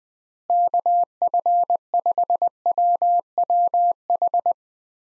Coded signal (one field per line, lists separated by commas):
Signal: Morse code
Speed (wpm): 20 wpm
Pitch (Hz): 700 Hz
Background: none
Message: KF5WWH